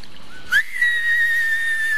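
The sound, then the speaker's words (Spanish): A loud whistling firework projectile (a 'silbador') shoots off with a quick rising chirp, then settles into a long, steady high-pitched whistle that holds for over a second without any bang. “y los silbadores que son fuegos pirotécnicos que salen, proyectiles, o sea...”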